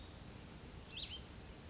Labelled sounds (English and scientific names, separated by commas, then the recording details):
Cassin's Vireo (Vireo cassinii)
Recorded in Sonoma County, California